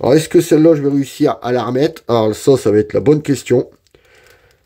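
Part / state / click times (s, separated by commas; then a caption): swappable plastic part into action figure joint / seated / 3.9 s, 4.0 s. A swappable plastic part, possibly a hand, is pushed back onto the joint of an articulated action figure. It is hard to fit and risks breaking. Someone talks, then two small clicks come at 3.9 s and 4.0 s as the part clips into place and seats.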